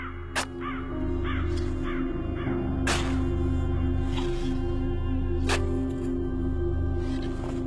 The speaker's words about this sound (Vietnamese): Ở trên bầu trời, một con quạ vỗ cánh phành phạch bay vút lên, rít lên từng tiếng thê lương như một lời nhắn gửi từ địa ngục.